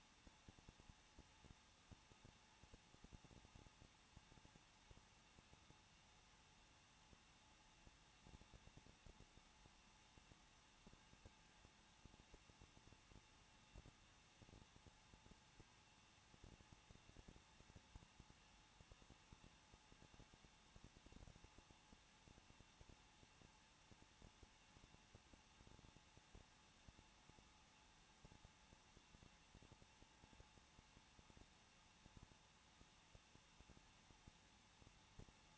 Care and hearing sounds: daily activity, microphone in the room; no activity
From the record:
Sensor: 1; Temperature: 20.1 degrees Celsius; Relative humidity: 39.1%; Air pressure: 1006.6 hPa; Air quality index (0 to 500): 216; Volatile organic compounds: 72 ppm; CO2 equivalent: 3537 ppm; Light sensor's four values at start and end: 1/2/1/1 and 1/2/1/1

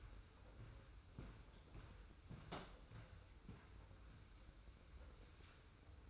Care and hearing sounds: daily activity, microphone in the room; walk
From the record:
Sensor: 2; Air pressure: 990.6 hPa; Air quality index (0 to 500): 180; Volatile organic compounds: 1000 ppm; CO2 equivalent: 5730 ppm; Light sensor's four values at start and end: 26/62/25/25 and 27/64/26/26

